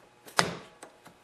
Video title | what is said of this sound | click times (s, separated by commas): How To Replace a Snowblower Starter Gear | Just simply put it on and push it down till you hear it snap. | 0.4 s